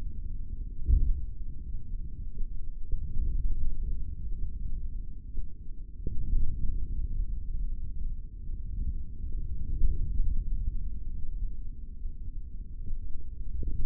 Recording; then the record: forearm muscle sounds (acoustic myography)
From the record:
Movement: forearm supination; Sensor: system 3, bracelet of six PUI Audio POM-2738L microphones around the upper forearm, with dedicated amplification and filtering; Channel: 2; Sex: male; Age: 23 years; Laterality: right